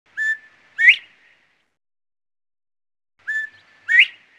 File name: Bob White Quail